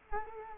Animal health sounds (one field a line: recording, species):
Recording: mosquito wingbeat signal from an infrared sensor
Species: Culex quinquefasciatus